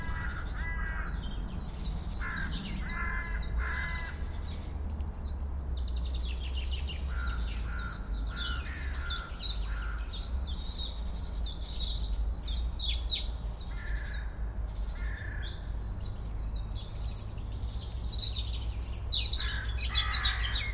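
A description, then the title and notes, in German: Birds sing close by in a forest, several voices overlapping in a dense, continuous chorus of bright chirps, trills and quick repeated notes throughout. A steady low rumble sits underneath, and a few sharper, louder calls stand out near the end. Today I'm taking you to the edge of a small village in the Black Forest. I placed my mics next to a hunting seat to listen straight into the forest. Birds sing and seem close enough to touch. Vögel singen und scheinen zum Greifen nah.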